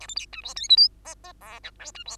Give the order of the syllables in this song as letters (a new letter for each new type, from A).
A B C D E F G H I I J K L D E